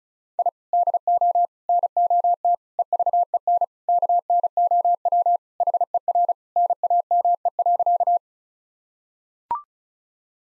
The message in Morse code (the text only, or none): I DO NOT EVEN KNOW HER NAME.